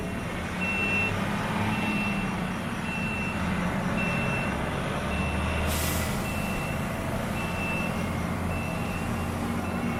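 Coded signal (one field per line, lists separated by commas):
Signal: alarm pattern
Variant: bus turn signal beeper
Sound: loud high-pitched beeps repeating roughly every second over a rumbling vehicle engine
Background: bus engine, street traffic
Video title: 06/10/2024 Taiwan Buses never turn off their signal that makes a 90 decibel beeping sound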